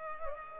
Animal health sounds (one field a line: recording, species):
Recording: mosquito wingbeat signal from an infrared sensor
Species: Culex pipiens